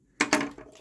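A plastic section of a Lijiang Robot Mecha Devastator combiner robot is pulled apart from the main body while converting it into individual bots. A loud snap at 0.2 s is followed by a second sharp burst and fainter ticks, and the part pops off and comes free.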